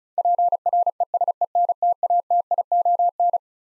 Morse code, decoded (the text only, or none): PRESENTATION